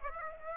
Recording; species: mosquito wingbeat signal from an infrared sensor; Aedes aegypti